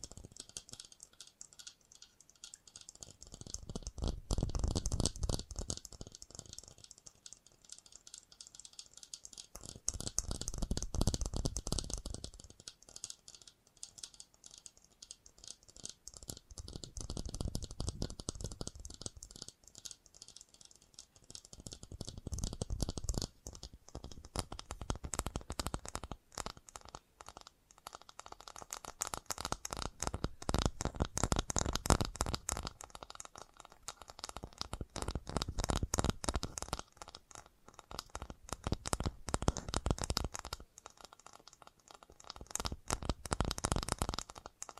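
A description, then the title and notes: Fast tapping runs throughout as a dense, rapid stream of sharp clicks, like fingers drumming on a hard surface. The sound swells and fades in waves every five or six seconds, with louder bursts near 5, 11, 17, 24, 31 and 42 seconds. FAST TAPPING (No Talking).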